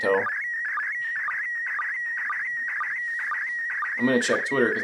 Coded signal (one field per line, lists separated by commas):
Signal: SSTV (slow-scan television)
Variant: PD 120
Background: speech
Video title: Decoding SSTV images pt 3: Decoding more images